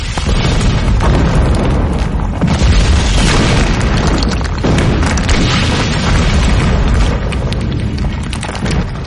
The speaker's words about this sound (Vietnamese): nó đang pháo kích. Đất đá bay rào rào